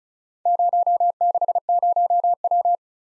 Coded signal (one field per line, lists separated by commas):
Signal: Morse code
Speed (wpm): 36 wpm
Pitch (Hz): 700 Hz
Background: none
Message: 060W